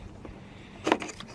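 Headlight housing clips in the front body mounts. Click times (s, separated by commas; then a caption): 0.9 s. The plastic mounting clips of a Fiesta ST headlight housing pop free from the front body mounts as the housing is lifted out, after the main electrical connector has been unplugged. A sharp plastic pop sounds at 0.9 s, followed by a few smaller clicks and rattles up to 1.4 s, and the headlight is released.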